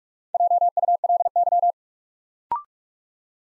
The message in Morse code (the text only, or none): JULY